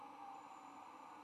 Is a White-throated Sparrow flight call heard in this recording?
no